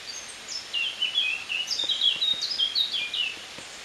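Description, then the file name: Eurasian blackcap song, a lively chattering warble of fast, varied high notes that runs for about three seconds. "Sylvia atricapilla"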